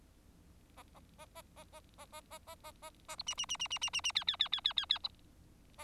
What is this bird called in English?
Bengalese Finch